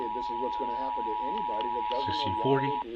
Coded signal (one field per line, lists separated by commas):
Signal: Emergency Alert System (SAME) tones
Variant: 853 and 960 Hz attention tone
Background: speech